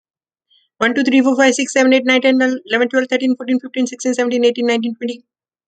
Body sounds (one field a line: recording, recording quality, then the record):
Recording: counting at a fast pace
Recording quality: excellent, no background noise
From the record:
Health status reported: healthy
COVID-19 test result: negative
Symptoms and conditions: none ticked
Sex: female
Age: 46 years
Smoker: not ticked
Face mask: not worn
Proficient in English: yes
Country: United States